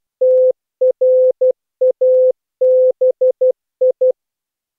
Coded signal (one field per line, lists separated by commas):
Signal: Morse code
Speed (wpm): 15 wpm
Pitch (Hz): 510 Hz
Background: none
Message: TRABI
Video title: Daily Minutes, December 21, 2015, with contestia.